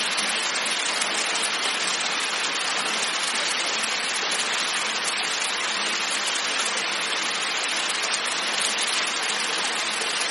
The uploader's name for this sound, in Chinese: 雷雨声：大雨滂沱